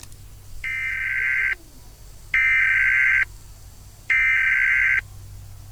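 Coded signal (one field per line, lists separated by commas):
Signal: Emergency Alert System (SAME) tones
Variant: header bursts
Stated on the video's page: Fictional EAS scenario, simulated alert.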